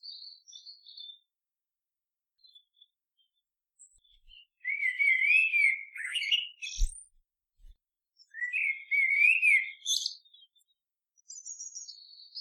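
Bird song: faint high chirps, then two loud warbled whistle phrases a few seconds apart, separated by a sharp click, ending with more high thin notes.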